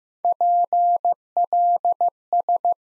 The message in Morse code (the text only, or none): PLS